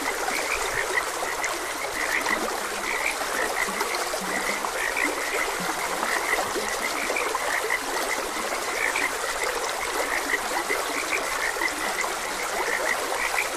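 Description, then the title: Frogs croaking in a busy chorus of short high notes over the steady trickle of a stream. Frogs croaking beside a gentle stream. "Gentle Stream and Frogs Croaking"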